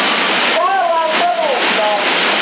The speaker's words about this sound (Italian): Si sente anche qualcuno facendo piatti dietro, cosa sta toccando? Mia moglie in cucina è però, non è qua. Capito, è sensibile. Sì, si sente che sta facendo i piatti, te lo sono presente.